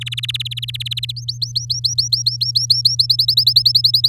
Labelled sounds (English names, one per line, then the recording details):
Domestic Canary song
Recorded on 7 May 2018 at 13:40
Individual llb16